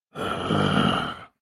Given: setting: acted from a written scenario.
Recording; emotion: vocal sound without words; anger